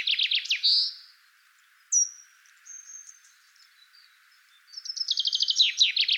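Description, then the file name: Common chaffinch song: the end of one phrase at the start, a quiet gap with a few thin high notes, then a second trilled phrase that falls at its end and is cut off. "Fringilla coelebs"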